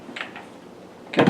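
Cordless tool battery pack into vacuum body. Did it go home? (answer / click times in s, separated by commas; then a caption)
yes / 1.1 s. An 18V slide-on battery pack is slid along the battery rail of a Makita 18V Cordless Wet/Dry Vacuum (DVC750LZ), with faint scraping taps around 0.2 and 0.4 s. It locks with a sharp, loud snap at 1.1 s, and the pack is seated in the tool.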